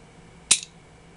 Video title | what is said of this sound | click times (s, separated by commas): How To Replace your Plastic Guide Rod - Steve Bedair - Sig SP2022 | that you can hear clicks into place | 0.5 s